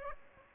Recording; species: mosquito wingbeat signal from an infrared sensor; Aedes aegypti